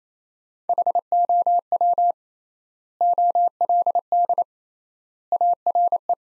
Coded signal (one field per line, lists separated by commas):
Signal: Morse code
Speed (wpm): 28 wpm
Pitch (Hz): 700 Hz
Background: none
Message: HOW OLD ARE